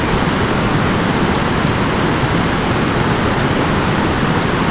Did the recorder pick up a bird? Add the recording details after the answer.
no. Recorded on Arctic tundra, site ZACK-1, on 14 June 2019. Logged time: 23:49